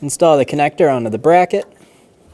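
Someone talks while a harness connector is handled onto its engine bracket during a VVT solenoid replacement on a 2005-2015 Toyota Tacoma 2.7L I4, with the connector meant to clip and lock onto the bracket. Speech fills the first 1.6 seconds, then only faint low background noise remains. Nothing has seated or clicked yet.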